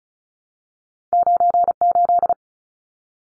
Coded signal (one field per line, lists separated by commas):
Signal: Morse code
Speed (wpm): 34 wpm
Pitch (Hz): 700 Hz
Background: none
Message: 98